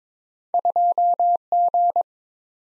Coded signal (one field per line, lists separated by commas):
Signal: Morse code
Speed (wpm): 22 wpm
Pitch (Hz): 700 Hz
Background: none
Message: 2G